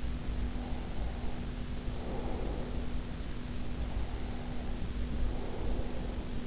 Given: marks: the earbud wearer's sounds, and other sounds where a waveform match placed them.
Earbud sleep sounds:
sounds in sleep by an in-ear microphone; breath
0.38-3.23 s: breath
3.49-6.44 s: breath

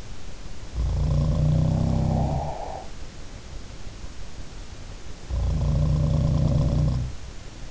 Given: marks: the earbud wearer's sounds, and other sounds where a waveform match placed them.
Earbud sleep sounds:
sounds in sleep by an in-ear microphone; breath
0.60-3.12 s: sound from someone else or the room
1.90-3.12 s: breath
5.08-7.23 s: sound from someone else or the room

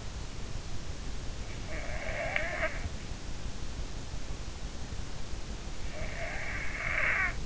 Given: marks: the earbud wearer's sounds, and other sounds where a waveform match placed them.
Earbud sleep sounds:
sounds in sleep by an in-ear microphone; snoring breath
1.68-2.85 s: snoring breath
6.04-7.46 s: snoring breath

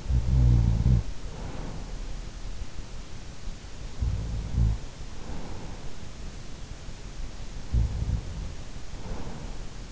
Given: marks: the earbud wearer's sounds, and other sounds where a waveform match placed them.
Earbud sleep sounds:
sounds in sleep by an in-ear microphone; snoring breath
0.00-2.22 s: snoring breath
3.97-5.86 s: snoring breath
7.40-9.69 s: snoring breath

